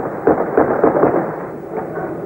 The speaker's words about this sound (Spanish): Se escuchan también algunos disparos de armas de fuego.